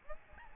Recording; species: mosquito wingbeat signal from an infrared sensor; Aedes albopictus